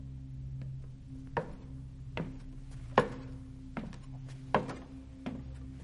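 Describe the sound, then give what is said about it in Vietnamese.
Footsteps in a hallway: a series of about seven dull, thudding steps at a steady walking pace over a low, constant hum, with no talking. “Nhưng lúc bọn họ chuẩn bị rời đi, thì ở trên hành lang bỗng nhiên vang lên tiếng bước chân.”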